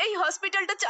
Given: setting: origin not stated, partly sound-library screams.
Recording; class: one-second piece from a danger detection set; woman in danger